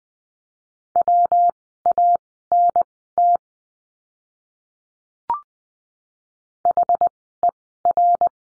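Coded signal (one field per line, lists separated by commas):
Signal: Morse code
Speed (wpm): 20 wpm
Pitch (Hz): 700 Hz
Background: none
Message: WANT HER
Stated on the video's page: Morse code course lesson drill at Farnsworth spacing, 20 wpm characters at 10 wpm overall, practising words with the letter W.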